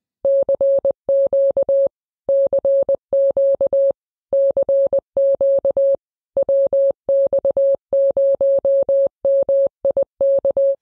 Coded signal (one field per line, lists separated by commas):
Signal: Morse code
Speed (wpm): 20 wpm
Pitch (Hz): 550 Hz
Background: none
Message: CQ CQ CQ WX0MIK